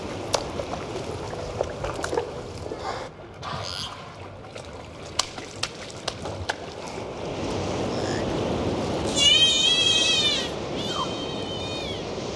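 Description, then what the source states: Dolphin clicks and whistles: sparse sharp clicks through most of the stretch, then a wavering harmonic whistle near the end, over watery hiss. Dolphins described as cheerful.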